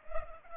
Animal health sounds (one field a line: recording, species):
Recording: mosquito wingbeat signal from an infrared sensor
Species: Culex pipiens